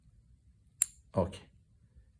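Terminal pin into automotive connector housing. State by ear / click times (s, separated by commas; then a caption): seated / 0.8 s. A metal terminal pin is pushed back into a shaped plastic automotive connector housing, with its lock facing downward because of the connector's shape. A short, sharp click at 0.8 s marks the terminal seating, after which someone talks. The pin is locked in place and no longer comes out.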